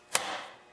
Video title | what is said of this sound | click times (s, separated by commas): Small Engines Q & A Video #85 in HD | this is the chain brake when it's pulled toward you it's off if it's forward and you hear a click | 0.1 s